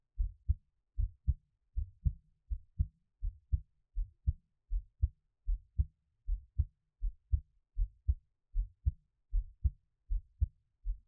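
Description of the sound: A normal adult heartbeat, heard close up as steady, low-pitched lub-dub pairs with no talking.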